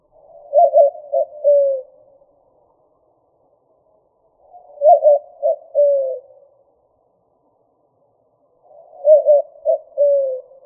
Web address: Doves WWDO. deviche